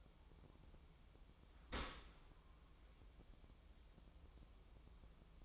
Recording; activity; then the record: daily activity, microphone in the room; open dishwasher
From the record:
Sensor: 1